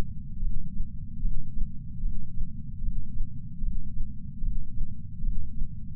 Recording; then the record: heart sounds by patch sensor on the chest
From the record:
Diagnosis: coronary artery disease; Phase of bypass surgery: intraoperative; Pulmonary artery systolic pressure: 24 mmHg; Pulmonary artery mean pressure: 17 mmHg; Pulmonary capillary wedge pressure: 7 mmHg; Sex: male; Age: 66 years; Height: 176 cm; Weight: 74.5 kg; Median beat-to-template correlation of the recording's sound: 0.83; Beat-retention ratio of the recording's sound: 1.00